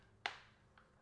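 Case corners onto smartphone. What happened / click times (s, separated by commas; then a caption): The last two case corners snapped on / 0.3 s, 0.8 s. Corners three and four of a Nomad Modern Leather Case, with TPE sides and a polycarbonate frame, are snapped onto an iPhone 15 Pro Max. A sharp, loud click sounds at 0.3 s, followed by a fainter click at 0.8 s. The case is seated, with clicks all the way around.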